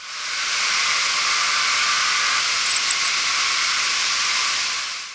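Golden-crowned kinglet calls: three very high, thin, quick notes in a tight series, heard over a constant loud hiss.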